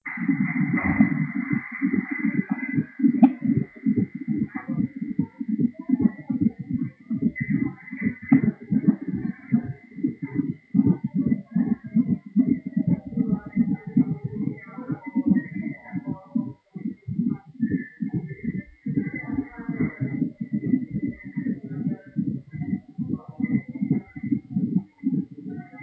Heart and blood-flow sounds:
fetal heart sounds by stethoscope on the mother's abdomen
0.00-10.00 s: 141 bpm
10.00-20.00 s: 150 bpm
20.00-25.83 s: 149 bpm
From the record:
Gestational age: 40 weeks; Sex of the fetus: girl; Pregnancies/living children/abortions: 1/0/0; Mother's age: 28 years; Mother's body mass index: 30.5

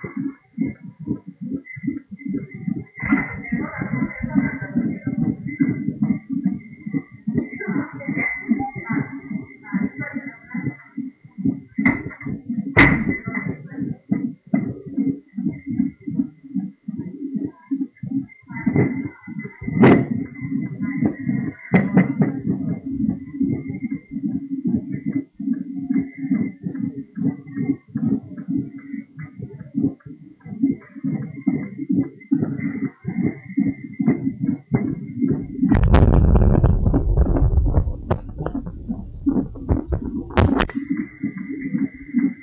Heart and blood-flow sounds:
fetal heart sounds by stethoscope on the mother's abdomen
0.00-10.00 s: 147 bpm
10.00-20.00 s: 138 bpm
20.00-30.00 s: 145 bpm
30.00-40.00 s: 146 bpm
From the record:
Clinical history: severe change in fetal heart rate, gestational diabetes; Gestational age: 38 weeks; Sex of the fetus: boy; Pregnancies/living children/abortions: 10/0/9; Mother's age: 35 years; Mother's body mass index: 32.9

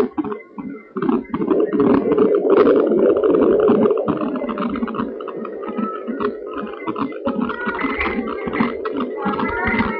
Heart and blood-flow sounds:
fetal heart sounds by stethoscope on the mother's abdomen
0.00-10.00 s: 153 bpm
From the record:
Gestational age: 38 weeks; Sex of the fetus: boy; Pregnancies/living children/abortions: 2/1/0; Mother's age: 23 years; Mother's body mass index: 28.3

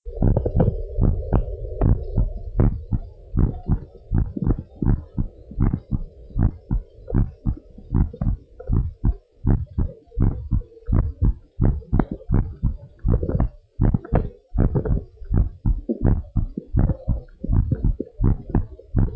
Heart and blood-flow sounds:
heart sounds of a pregnant woman by stethoscope
no fetal heartbeat
From the record:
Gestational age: 30 weeks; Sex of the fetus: boy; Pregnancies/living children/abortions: 2/1/0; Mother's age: 29 years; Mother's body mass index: 31.6

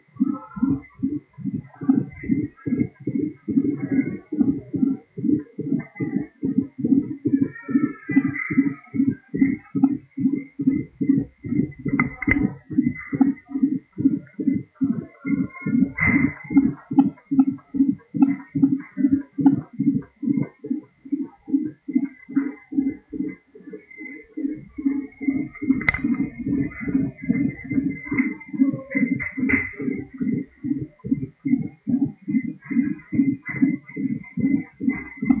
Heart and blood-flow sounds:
fetal heart sounds by stethoscope on the mother's abdomen
0.00-10.00 s: 131 bpm
10.00-20.00 s: 162 bpm
20.00-30.00 s: 146 bpm
30.00-35.40 s: 142 bpm
From the record:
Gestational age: 40 weeks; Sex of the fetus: girl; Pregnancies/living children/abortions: 2/1/0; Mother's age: 27 years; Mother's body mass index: 31.2

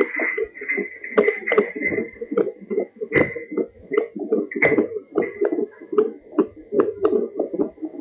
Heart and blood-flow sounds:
fetal heart sounds by stethoscope on the mother's abdomen
0.00-8.01 s: 150 bpm
From the record:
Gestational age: 32 weeks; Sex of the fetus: boy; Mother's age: 20 years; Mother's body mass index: 28.5

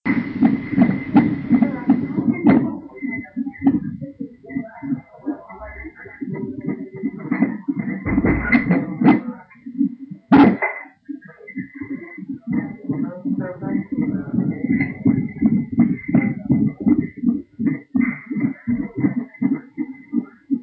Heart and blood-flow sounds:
fetal heart sounds by stethoscope on the mother's abdomen
0.00-10.00 s: 151 bpm
10.00-20.00 s: 168 bpm
From the record:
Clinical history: abnormal fetal non-stress test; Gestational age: 36 weeks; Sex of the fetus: girl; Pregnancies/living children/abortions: 1/0/0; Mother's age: 25 years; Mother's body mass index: 30.9

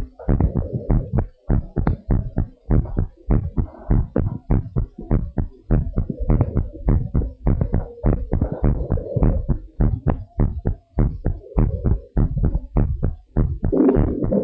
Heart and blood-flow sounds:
heart sounds of a pregnant woman by stethoscope
no fetal heartbeat
From the record:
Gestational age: 39 weeks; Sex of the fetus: boy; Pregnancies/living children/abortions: 2/1/0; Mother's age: 41 years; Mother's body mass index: 35.3

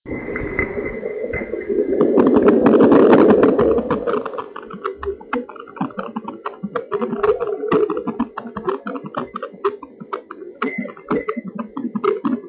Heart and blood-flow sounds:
fetal heart sounds by stethoscope on the mother's abdomen
0.00-10.00 s: 122 bpm
From the record:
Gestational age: 39 weeks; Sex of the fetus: girl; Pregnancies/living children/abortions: 1/0/0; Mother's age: 23 years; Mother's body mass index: 24.9

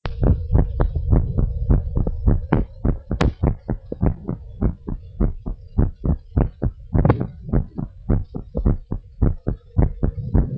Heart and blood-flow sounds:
heart sounds of a pregnant woman by stethoscope
no fetal heartbeat
From the record:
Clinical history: decreased amniotic fluid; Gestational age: 34 weeks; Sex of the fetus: girl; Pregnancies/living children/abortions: 3/0/2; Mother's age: 34 years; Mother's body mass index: 28.9

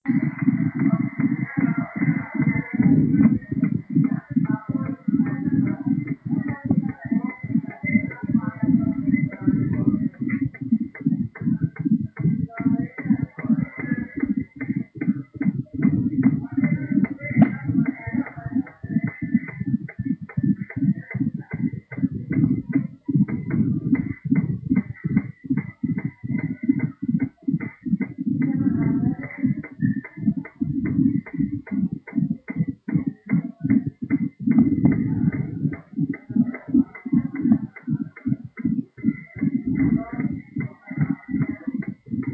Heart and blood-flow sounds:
fetal heart sounds by stethoscope on the mother's abdomen
0.00-10.00 s: 157 bpm
10.00-20.00 s: 153 bpm
20.00-30.00 s: 156 bpm
30.00-40.00 s: 155 bpm
From the record:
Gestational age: 39 weeks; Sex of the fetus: boy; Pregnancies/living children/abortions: 2/1/0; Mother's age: 37 years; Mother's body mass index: 34.9

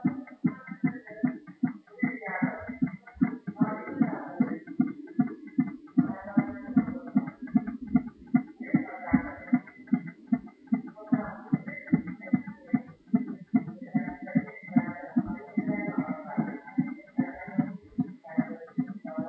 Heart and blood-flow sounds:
fetal heart sounds by stethoscope on the mother's abdomen
0.00-10.00 s: 158 bpm
10.00-19.29 s: 155 bpm
From the record:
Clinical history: preterm rupture of membranes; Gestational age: 26 weeks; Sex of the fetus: boy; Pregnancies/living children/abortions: 1/0/0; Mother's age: 22 years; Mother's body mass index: 21.5

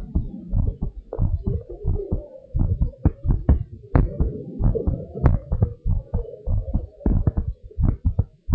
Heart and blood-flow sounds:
heart sounds of a pregnant woman by stethoscope
no fetal heartbeat
From the record:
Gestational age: 38 weeks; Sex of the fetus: boy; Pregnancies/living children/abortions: 2/1/0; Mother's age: 33 years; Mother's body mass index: 31.6

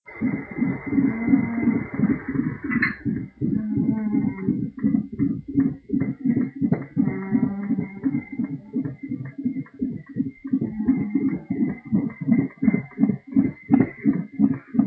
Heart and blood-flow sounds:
fetal heart sounds by stethoscope on the mother's abdomen
0.00-10.00 s: 168 bpm
10.00-14.87 s: 168 bpm
From the record:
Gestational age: 41 weeks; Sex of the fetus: girl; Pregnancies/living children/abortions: 3/2/0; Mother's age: 33 years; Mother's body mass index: 27.1

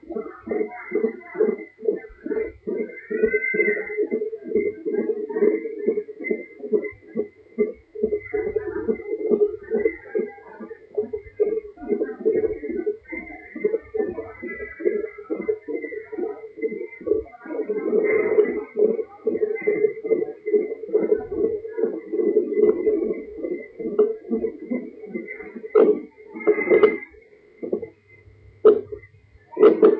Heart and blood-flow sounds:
fetal heart sounds by stethoscope on the mother's abdomen
0.00-10.00 s: 139 bpm
10.00-20.00 s: 137 bpm
20.00-30.00 s: 121 bpm
From the record:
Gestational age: 38 weeks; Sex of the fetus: boy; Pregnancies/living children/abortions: 2/0/1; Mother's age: 28 years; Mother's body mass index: 33.5

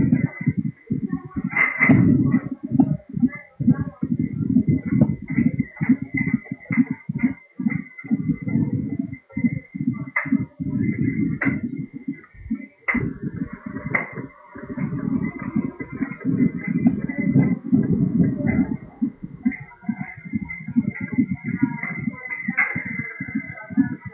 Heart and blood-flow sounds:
fetal heart sounds by stethoscope on the mother's abdomen
0.00-10.00 s: 140 bpm
10.00-20.00 s: 132 bpm
20.00-24.14 s: 138 bpm
From the record:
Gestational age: 34 weeks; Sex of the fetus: girl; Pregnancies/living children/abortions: 3/0/2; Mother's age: 42 years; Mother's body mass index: 31.6

